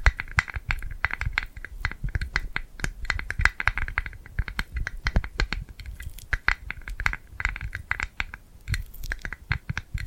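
Close, sticky hand sounds crackle and peel in a dense, irregular stream of small taps and scratches in a quiet small room.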